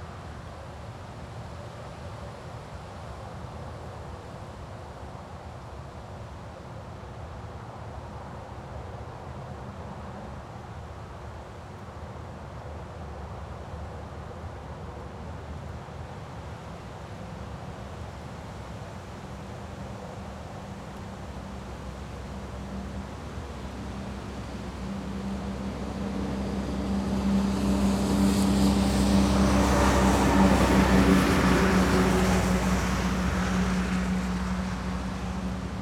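A light breeze rumbles low and steady, then a vehicle approaches on the wet road, its hissing tires swelling loudest around thirty seconds before fading.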